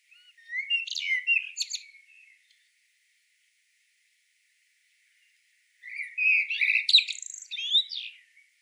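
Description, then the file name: Common blackbird singing two phrases several seconds apart, each starting with mellow warbled notes and ending in a rapid, shrill twitter. "Turdus merula"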